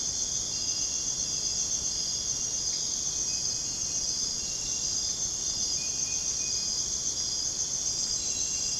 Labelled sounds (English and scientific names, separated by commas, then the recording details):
none
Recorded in dense forest near Puerto Asís, Putumayo, Colombia, on 23 June 2025 at 01:00
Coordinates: 0.486, -76.317
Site G065